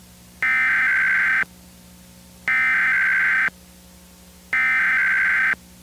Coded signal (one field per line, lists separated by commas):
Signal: Emergency Alert System (SAME) tones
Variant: header bursts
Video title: EAS Scenario #4: World War III: Collateral Damage (Part 6)